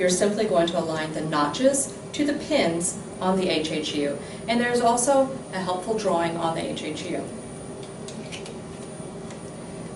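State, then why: Seated. Someone talks while aligning the notches of a plastic cervical guide flange with the pins on a handheld unit, then twisting the guide on. Soft clicks come at 8.1 s and 8.5 s, showing the cervical guide is correctly attached to the handheld unit.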